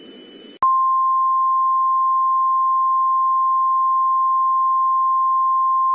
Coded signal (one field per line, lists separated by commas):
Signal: Emergency Alert System (SAME) tones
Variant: 1050 Hz attention tone